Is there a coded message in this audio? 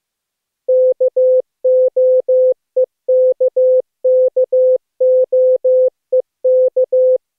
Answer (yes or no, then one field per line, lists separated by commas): yes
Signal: Morse code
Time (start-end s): 0.7-7.2 s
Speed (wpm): 22 wpm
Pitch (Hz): 510 Hz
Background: none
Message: KOEKKOEK